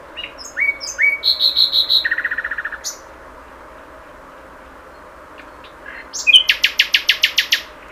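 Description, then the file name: Common nightingale singing varied phrases: sharp high notes speeding into a rapid rattling trill, then after a silence a loud run of evenly repeated notes. "Luscinia megarhynchos"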